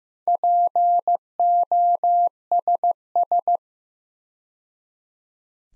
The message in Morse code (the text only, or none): POSS